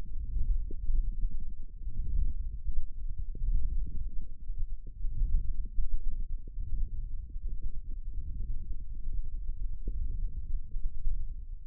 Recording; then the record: forearm muscle sounds (acoustic myography)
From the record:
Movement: wrist flexion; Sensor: system 1, eight BSWA MPA416 microphones around the upper forearm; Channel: 8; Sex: male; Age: 23 years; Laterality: right